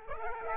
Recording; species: mosquito wingbeat signal from an infrared sensor; Aedes aegypti